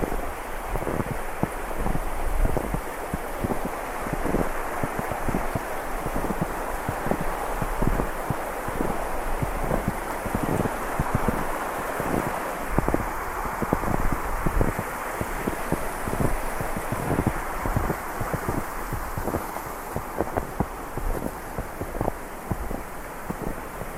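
Dense, constant crunching of footsteps on snow over a steady rushing wash of river and wind, with no pauses throughout.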